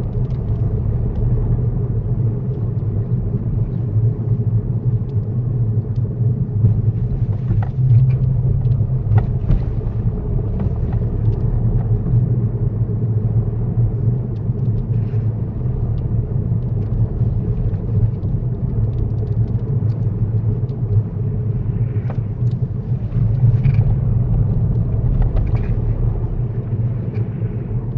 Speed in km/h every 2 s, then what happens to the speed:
32, 29, 26, 24, 29, 34, 32, 32, 31, 27, 24, 29, 34, 31.
0-5 slows to 24. 5-9 speeds up to 34. 21-23 speeds up to 34.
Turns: none.